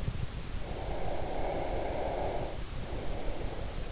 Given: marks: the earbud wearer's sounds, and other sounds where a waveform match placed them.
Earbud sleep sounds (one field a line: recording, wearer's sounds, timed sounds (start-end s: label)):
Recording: sounds in sleep by an in-ear microphone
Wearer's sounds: breath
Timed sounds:
0.52-3.67 s: breath